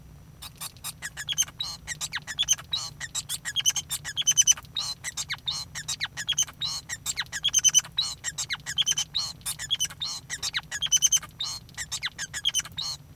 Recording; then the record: song of a male Bengalese finch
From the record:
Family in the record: son of father 5